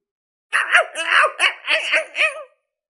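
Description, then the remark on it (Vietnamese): A big black dog howls wildly, as if having a fit, while spitting out something bitter it bit into: a frantic string of five or six loud, wavering yelps and cries, the pitch swooping up and down, with no talking over it. “Ngay sau đó đại hắc cẩu như bị động kinh, gào điên cuồng không thôi, dùng sức phun ra phía ngoài.”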